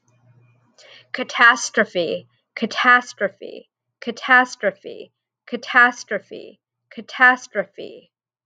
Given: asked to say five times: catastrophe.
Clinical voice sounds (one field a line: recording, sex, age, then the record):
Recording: repeated word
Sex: female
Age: 40 to 49 years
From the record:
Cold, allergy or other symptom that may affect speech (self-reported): no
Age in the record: 46 years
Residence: California, United States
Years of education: 16